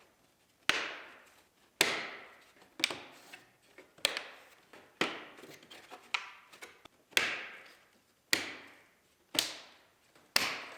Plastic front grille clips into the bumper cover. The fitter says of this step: snap it in of course there's no bolts just satisfying clicky sounds now